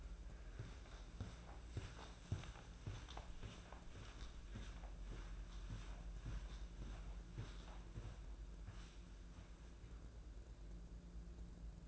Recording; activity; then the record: daily activity, microphone in the room; walk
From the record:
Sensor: 2